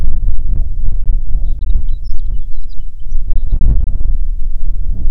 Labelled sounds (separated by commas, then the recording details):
songbird, wind
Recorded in the Prudhoe Bay oil fields, Alaska, on 6 June 2019 at 04:29
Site 16